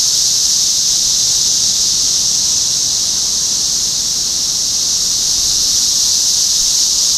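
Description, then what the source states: Cicadas droning together: a constant, hissing high whine, level throughout. Recorded in Topeka, Kansas, on 14 June 2015.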